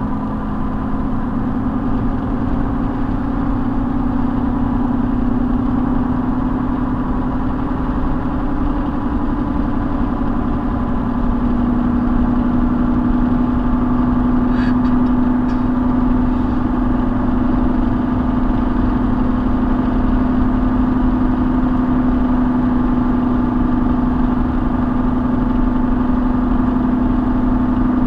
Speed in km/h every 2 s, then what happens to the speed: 90, 93, 95, 97, 98, 100, 103, 105, 105, 105, 105, 105, 105, 106.
0-13 speeds up to 105. 13-28 steady at about 105.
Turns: none.